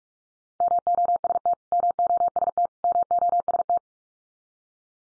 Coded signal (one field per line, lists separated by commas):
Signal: Morse code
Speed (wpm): 44 wpm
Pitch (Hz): 700 Hz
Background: none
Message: MOST MOST MOST